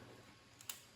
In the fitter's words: There it goes. Just clicked into place.